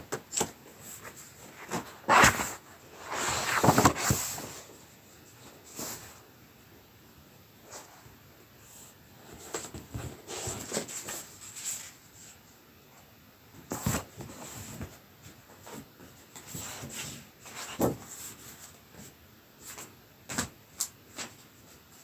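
Soft, swirling tracing on card runs as a low, steady hush, broken by sharp, staccato cuts. Bright bursts land irregularly, clustered near the start, around the middle, and at about 14, 18 and 21 seconds, with quieter scraping between them.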